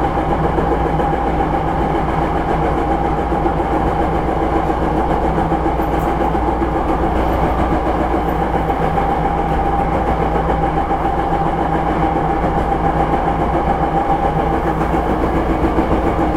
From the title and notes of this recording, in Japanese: 阪急電鉄9300系電車の走行音です。京都線の特急列車にて収録しました。区間は高槻市から烏丸までです。